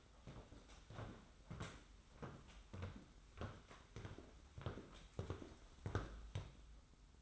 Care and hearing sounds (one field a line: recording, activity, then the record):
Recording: daily activity, microphone in the room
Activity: walk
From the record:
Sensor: 3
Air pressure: 991.6 hPa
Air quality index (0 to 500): 182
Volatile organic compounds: 1000 ppm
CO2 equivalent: 6071 ppm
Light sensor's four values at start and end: 39/110/45/39 and 35/98/40/34